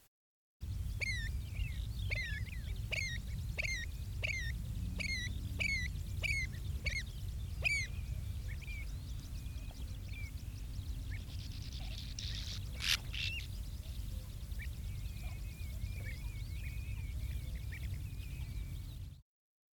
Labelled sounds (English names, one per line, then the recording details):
Pied Avocet call
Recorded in the wild
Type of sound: call
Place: Glewitz, Insel Rügen, Mecklenburg-Vorpommern, DE
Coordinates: 54.252, 13.299
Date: 1975-06-07
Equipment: Nagra III BH, Sennheiser MD 21
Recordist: Schubert, Michael
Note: Rufe Säbelschnäbler. Aufnahme mit Mikrofon Sennheiser MD 421